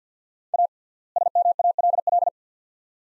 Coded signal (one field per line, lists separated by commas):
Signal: Morse code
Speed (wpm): 50 wpm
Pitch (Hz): 700 Hz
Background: none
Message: A SMALL